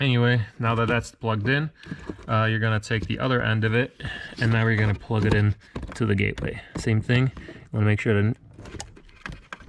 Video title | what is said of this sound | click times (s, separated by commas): RSNav S3, S4 Installation Walk-through Guide | you go clicks in i heard it click and i also heard some stuff turn on in the car so | 9.5 s